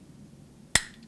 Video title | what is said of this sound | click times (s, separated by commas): What Is A Dynojet? | We're going to push it down, and you'll hear a click. | 0.8 s